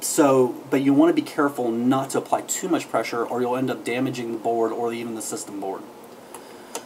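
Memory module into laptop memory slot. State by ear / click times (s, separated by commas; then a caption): seated / 6.3 s, 6.8 s. A laptop memory module is pressed down with the thumbs into its slot until the latches on both sides click. Someone talks for most of the clip, then two short clicks sound at 6.3 s and 6.8 s as the module seats in place.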